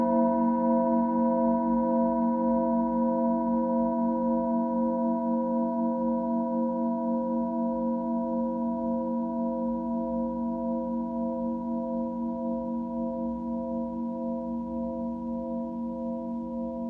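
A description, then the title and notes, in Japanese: A singing bowl rings with a steady, shimmering hum, its layered tones gently pulsing as the sound slowly fades over seventeen seconds. 深夜のメキシコから シンギングボウルのサウンドヒーリング ライブ。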